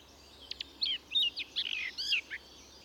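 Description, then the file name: Eurasian blackcap song: a brisk run of clear, varied high notes, some slurred and some clipped, delivered in quick succession over about two seconds against a faint background hiss. "Sylvia atricapilla"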